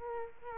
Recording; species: mosquito wingbeat signal from an infrared sensor; Culex quinquefasciatus